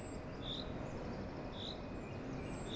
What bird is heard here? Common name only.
Common Chaffinch